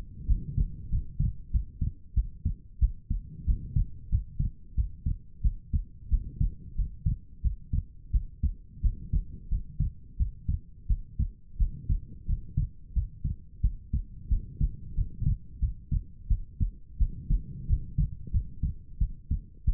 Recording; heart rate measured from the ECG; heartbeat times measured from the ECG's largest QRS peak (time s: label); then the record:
heart sounds by stethoscope; 90 bpm
0.26 s: heartbeat
0.89 s: heartbeat
1.50 s: heartbeat
2.14 s: heartbeat
2.79 s: heartbeat
3.45 s: heartbeat
4.09 s: heartbeat
4.75 s: heartbeat
5.41 s: heartbeat
6.09 s: heartbeat
6.75 s: heartbeat
7.41 s: heartbeat
8.11 s: heartbeat
8.81 s: heartbeat
9.48 s: heartbeat
10.16 s: heartbeat
10.87 s: heartbeat
11.57 s: heartbeat
12.26 s: heartbeat
12.93 s: heartbeat
13.61 s: heartbeat
14.28 s: heartbeat
14.94 s: heartbeat
15.59 s: heartbeat
16.27 s: heartbeat
16.97 s: heartbeat
17.66 s: heartbeat
18.31 s: heartbeat
18.98 s: heartbeat
19.64 s: heartbeat
From the record:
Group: healthy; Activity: rest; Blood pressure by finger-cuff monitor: 80/52 mmHg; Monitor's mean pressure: 62 mmHg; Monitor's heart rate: 90 bpm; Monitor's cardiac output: 7.2 L/min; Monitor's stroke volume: 80 mL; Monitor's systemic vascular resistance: 600 dyn s/cm5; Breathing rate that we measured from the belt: 21 breaths a minute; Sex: female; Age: 19 years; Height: 163 cm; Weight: 48.9 kg